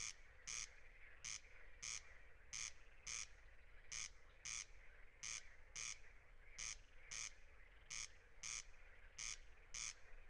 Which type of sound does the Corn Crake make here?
song